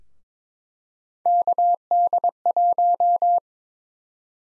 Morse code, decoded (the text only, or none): KD1